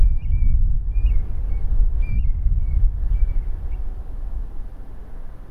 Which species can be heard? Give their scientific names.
Burhinus oedicnemus